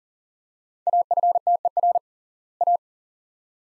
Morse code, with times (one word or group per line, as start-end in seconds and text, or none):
0.9-2.0 AFTER
2.6-2.8 A